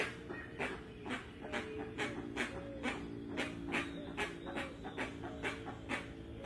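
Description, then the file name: Rusty-margined guan song: a steady run of harsh, breathy pulses, roughly two per second. "Canto da jacupemba"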